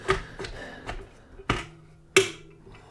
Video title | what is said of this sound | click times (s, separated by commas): Accuracy International (AICS) Pattern Magazine Compatibility in the Savage Stealth Evolution | okay so did snap into place let's see how this puppy runs | 2.2 s